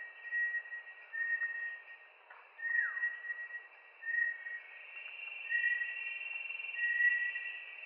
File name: Bartlett's tinamou